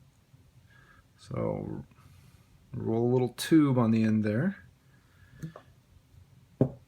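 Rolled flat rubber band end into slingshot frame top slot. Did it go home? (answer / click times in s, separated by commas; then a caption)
yes / 6.6 s. Someone talks while the rolled-up tube end of a flat rubber band is pulled tight and slid through the top slot of a slingshot frame. A sharp snap at 6.6 s marks the band end seating in the slot.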